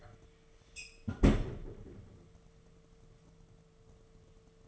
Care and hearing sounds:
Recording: daily activity, microphone in the room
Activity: close fridge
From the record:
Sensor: 4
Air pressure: 1015.9 hPa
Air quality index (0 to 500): 193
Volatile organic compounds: 10 ppm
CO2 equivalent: 2222 ppm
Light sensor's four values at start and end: 12/26/11/11 and 15/34/14/14

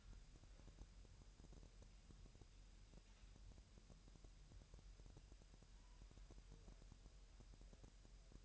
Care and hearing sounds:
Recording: daily activity, microphone in the room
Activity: wipe stove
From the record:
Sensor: 2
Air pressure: 1000.9 hPa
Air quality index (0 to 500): 249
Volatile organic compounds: 99 ppm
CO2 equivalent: 3747 ppm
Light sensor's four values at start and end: 10/23/10/10 and 10/23/10/10

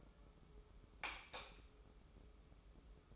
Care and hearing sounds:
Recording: daily activity, microphone in the room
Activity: light off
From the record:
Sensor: 1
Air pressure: 995.4 hPa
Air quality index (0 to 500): 25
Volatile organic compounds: 0 ppm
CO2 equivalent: 500 ppm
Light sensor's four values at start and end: 14/42/16/17 and 11/26/10/11

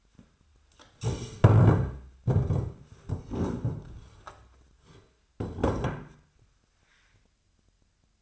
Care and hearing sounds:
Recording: daily activity, microphone in the room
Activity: stand up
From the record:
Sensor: 2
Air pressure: 1007.8 hPa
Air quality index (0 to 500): 179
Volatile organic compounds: 9 ppm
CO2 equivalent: 2196 ppm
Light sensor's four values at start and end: 10/23/10/10 and 10/24/10/10

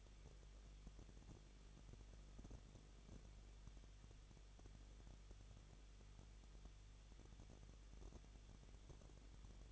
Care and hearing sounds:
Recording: daily activity, microphone in the room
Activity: no activity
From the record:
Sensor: 4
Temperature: 23.0 degrees Celsius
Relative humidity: 34.2%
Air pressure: 1007.3 hPa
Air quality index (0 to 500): 218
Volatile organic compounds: 16 ppm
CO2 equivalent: 2522 ppm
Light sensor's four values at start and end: 2/3/1/1 and 2/3/1/1

